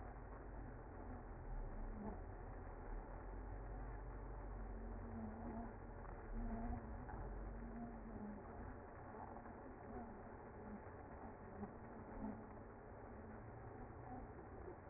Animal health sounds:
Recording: honeybee colony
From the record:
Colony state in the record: active

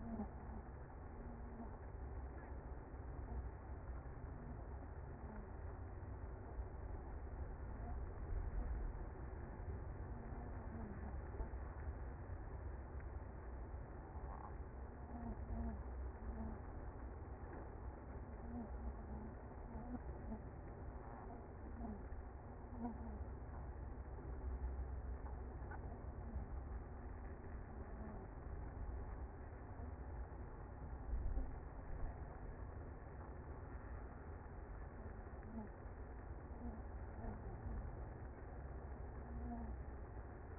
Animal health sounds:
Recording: honeybee colony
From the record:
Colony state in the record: active

